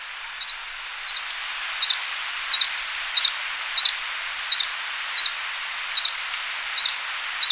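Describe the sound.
Lemon-bellied white-eye calls, brief high chirps repeated evenly about every two-thirds of a second, against a steady hiss.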